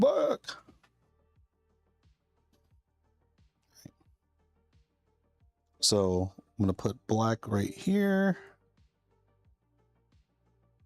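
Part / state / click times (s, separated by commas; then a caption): black wire connector into a fan or cooling header on a handheld console board / not seated / none. A black wire connector is positioned at a fan or cooling header on a handheld console board while someone talks at the start and again from about 6 to 8.5 seconds, over faint music with a soft repeating tick. The connector is only being handled; nothing has seated or clicked into place yet.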